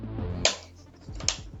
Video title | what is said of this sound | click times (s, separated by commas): Building a mini-ITX gaming PC inside SilverStone Sugo14 | and it should click into place like so | 0.5 s, 1.3 s